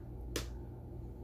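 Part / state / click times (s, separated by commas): plastic release latch on a stick vacuum body / seated / 0.4 s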